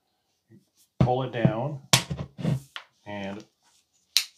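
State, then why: Seated. Someone talks while a leg of a Manfrotto Element Traveler tripod is pulled down from its collapsed position. At 4.2 s a sharp click sounds as the leg's angle lock on the tripod spider engages at the first angle stop. The leg is locked in place.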